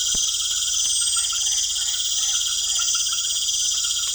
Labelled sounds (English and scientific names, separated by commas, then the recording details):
none
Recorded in secondary vegetation near Puerto Asís, Putumayo, Colombia, on 27 June 2025
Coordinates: 0.488, -76.319
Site G094